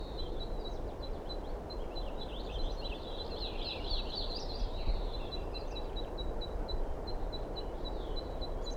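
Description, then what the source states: Red Crossbill calls: a regular series of thin high ticks with a busier burst of chirps midway, set against steady low background noise. Type 2 male, heard around 8:14 to 8:16, possibly approaching; among ponderosa pines near a road.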